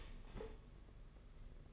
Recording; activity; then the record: daily activity, microphone in the room; start toaster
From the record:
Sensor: 4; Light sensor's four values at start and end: 18/62/23/24 and 18/62/23/24